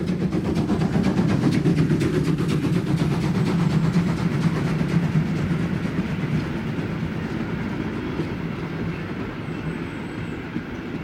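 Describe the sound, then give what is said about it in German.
A train rolls steadily along the rails, a loud, continuous low rumble with a rapid clattering texture that eases off slightly toward the end, where a faint high whine appears. “In diesem Falle sehe sich der Zugführer zum Halten genötigt. Wir könnten zusteigen.”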